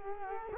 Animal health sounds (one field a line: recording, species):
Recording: mosquito wingbeat signal from an infrared sensor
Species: Culex quinquefasciatus